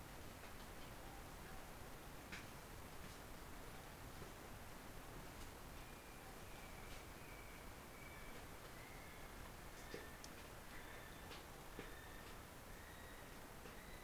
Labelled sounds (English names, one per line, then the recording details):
North Island Brown Kiwi male call
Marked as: faintness 3/5
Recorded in New Zealand on 16 November 2013
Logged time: 21:44
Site BS16